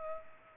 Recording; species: mosquito wingbeat signal from an infrared sensor; Culex pipiens